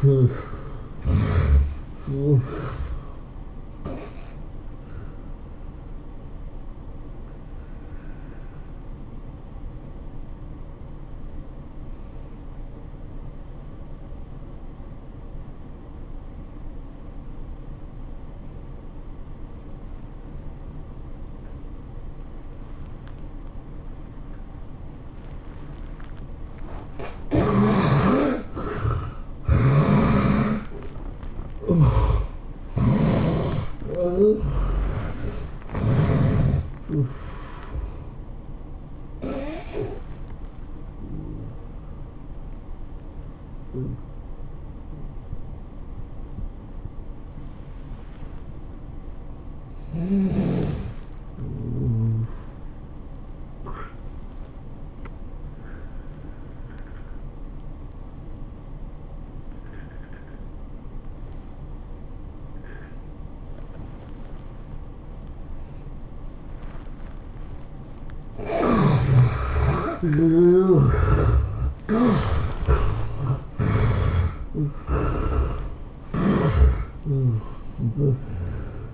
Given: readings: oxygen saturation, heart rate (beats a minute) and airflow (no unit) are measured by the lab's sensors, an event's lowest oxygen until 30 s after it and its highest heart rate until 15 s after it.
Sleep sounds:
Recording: breathing in sleep by a smartphone at the bedside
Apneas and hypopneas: 3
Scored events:
4.00-25.40 s: obstructive apnea (N1, oxygen 96% highest, then 73% lowest, heart rate 110 at the start, 110 highest)
37.00-49.10 s: hypopnea (N1, oxygen 94% highest, then 81% lowest, heart rate 110 at the start, 110 highest)
56.00-72.20 s: hypopnea (N1, oxygen 95% highest, then 73% lowest, heart rate 104 at the start, 109 highest)
From the record:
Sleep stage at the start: N1 (lightest sleep)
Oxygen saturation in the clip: 73 to 97%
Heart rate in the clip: 78 to 110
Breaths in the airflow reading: 12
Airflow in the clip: -18.7 to 12.8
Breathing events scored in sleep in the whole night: 403 in 5.5 hours asleep

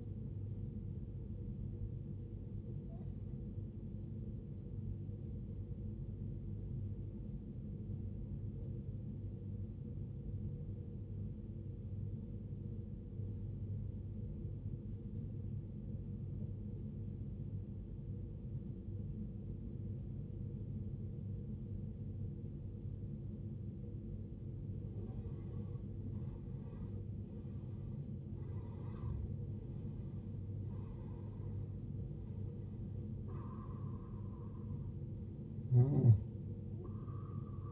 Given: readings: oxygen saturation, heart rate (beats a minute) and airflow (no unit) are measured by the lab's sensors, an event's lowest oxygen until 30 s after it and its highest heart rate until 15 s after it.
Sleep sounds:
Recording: breathing in sleep by a smartphone at the bedside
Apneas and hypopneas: 1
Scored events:
8.00-26.00 s: obstructive apnea (N1, oxygen 94% highest, then 82% lowest, heart rate 58 at the start, 74 highest)
From the record:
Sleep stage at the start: N1 (lightest sleep)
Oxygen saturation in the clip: 83 to 94%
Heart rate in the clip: 54 to 74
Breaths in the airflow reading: 5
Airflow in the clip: -15.6 to 15.4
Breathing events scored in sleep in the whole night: 389 in 6.3 hours asleep

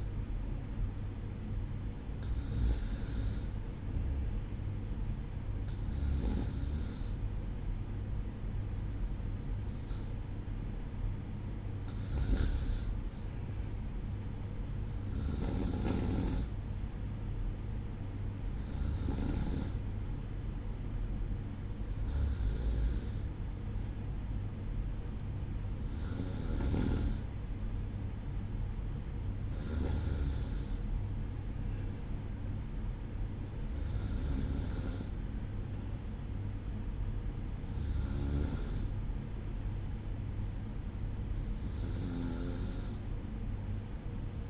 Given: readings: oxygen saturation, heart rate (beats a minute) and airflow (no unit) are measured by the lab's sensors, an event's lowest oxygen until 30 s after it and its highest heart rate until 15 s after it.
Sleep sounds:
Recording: breathing in sleep by a smartphone at the bedside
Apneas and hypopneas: none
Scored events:
none scored
From the record:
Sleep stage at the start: REM sleep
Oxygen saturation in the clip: 94 to 95%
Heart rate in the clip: 57 to 61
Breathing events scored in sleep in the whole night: 305 in 9.6 hours asleep

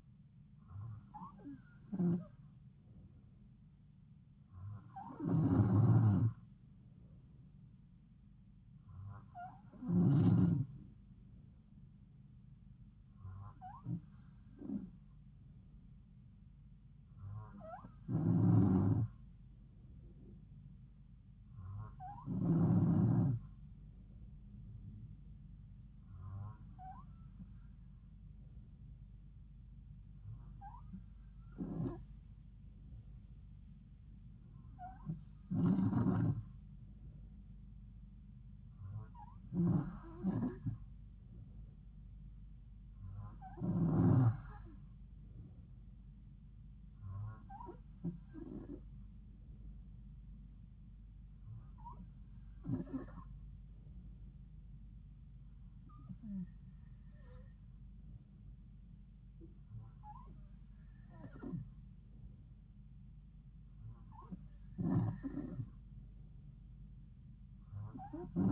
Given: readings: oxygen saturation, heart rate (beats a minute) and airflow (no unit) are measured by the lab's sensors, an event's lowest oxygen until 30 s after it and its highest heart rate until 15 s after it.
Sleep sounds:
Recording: breathing in sleep by a smartphone at the bedside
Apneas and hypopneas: none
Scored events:
35.00-65.00 s: new sleep stage, N3 (deep sleep)
65.00-68.52 s: new sleep stage, N2 (light sleep)
From the record:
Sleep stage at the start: N2 (light sleep)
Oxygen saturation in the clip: 91 to 93%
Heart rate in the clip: 69 to 74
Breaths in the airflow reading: 16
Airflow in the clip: -4.0 to 2.7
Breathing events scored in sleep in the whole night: 270 in 6.1 hours asleep

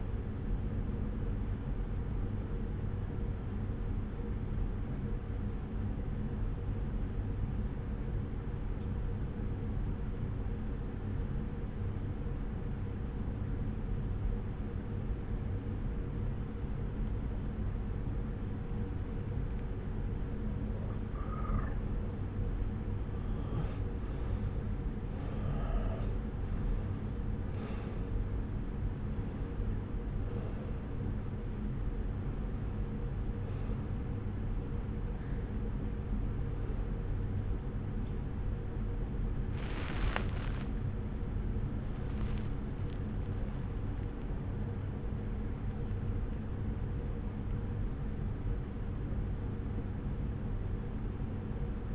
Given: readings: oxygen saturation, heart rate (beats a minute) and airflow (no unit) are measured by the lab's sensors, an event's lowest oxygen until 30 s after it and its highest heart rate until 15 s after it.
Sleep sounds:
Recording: breathing in sleep by a smartphone at the bedside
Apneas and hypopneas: 1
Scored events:
6.00-22.00 s: obstructive apnea (N1, oxygen 93% highest, then 89% lowest)
34.00-51.94 s: awake
34.00-51.94 s: new sleep stage, awake
From the record:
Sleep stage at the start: N1 (lightest sleep)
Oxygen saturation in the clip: 89 to 93%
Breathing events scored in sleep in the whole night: 303 in 8.1 hours asleep

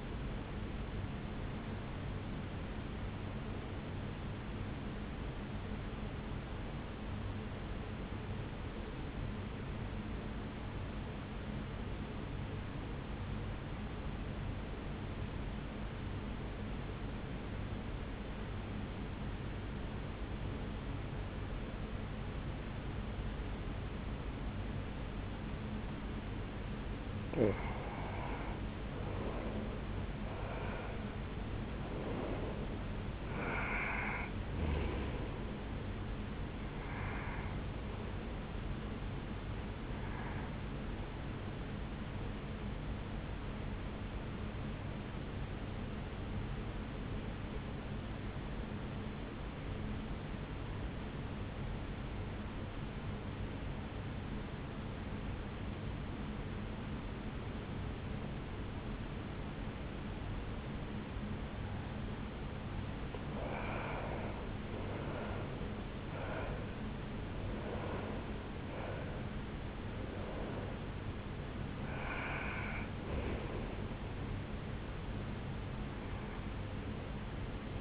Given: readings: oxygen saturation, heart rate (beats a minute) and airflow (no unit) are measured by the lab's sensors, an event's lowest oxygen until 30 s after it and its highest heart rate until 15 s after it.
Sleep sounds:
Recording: breathing in sleep by a voice recorder at the bedside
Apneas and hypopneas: 2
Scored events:
10.00-28.40 s: obstructive apnea (N2, oxygen 96% highest, then 88% lowest, heart rate 58 at the start, 73 highest)
48.00-64.80 s: obstructive apnea (N2, oxygen 95% highest, then 89% lowest, heart rate 60 at the start, 75 highest)
67.00-77.81 s: new sleep stage, N1 (lightest sleep)
From the record:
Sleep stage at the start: N2 (light sleep)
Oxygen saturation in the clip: 88 to 96%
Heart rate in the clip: 57 to 75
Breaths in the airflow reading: 9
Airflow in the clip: -8.0 to 5.9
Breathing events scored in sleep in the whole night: 449 in 7.0 hours asleep

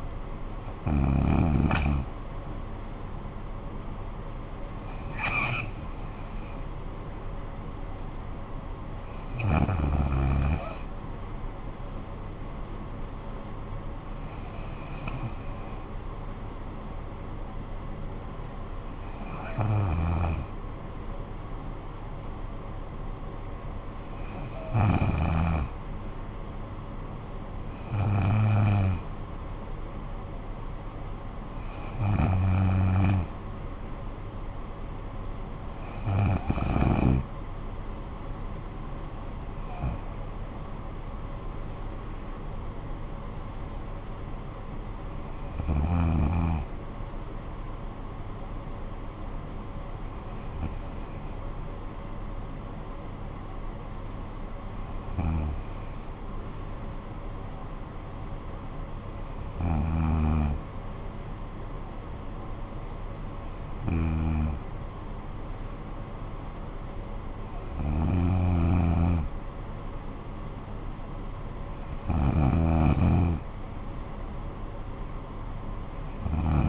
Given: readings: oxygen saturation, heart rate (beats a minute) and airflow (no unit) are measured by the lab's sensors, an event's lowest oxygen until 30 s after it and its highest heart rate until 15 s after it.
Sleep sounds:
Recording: breathing in sleep by a smartphone at the bedside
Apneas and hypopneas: none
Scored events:
13.00-43.00 s: new sleep stage, N3 (deep sleep)
43.00-76.69 s: new sleep stage, N2 (light sleep)
From the record:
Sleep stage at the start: N2 (light sleep)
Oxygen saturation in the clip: 93 to 95%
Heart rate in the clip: 50 to 67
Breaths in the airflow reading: 17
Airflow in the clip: -12.3 to 10.0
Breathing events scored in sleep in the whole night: 445 in 7.6 hours asleep

